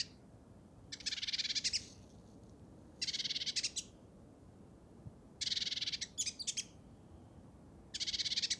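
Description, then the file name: Great tit rattling calls, about five bursts of rapid harsh notes, one broken into short stuttered pieces, spaced every two seconds or so. "Parus major"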